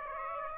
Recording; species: mosquito wingbeat signal from an infrared sensor; Aedes aegypti